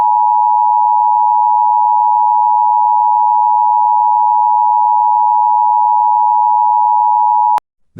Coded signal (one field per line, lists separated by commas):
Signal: Emergency Alert System (SAME) tones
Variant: 853 and 960 Hz attention tone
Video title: EAS Child Abduction Emergency (AMBER Alert) Riverton, Utah (14 Year Old Suspect)